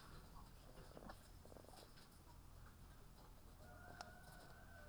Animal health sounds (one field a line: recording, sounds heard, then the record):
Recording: poultry house recording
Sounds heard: sick chickens (respiratory disease)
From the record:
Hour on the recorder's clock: 10